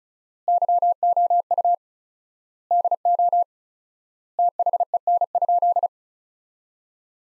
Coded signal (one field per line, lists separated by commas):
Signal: Morse code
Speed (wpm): 34 wpm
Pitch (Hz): 700 Hz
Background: none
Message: YOU DO THEN?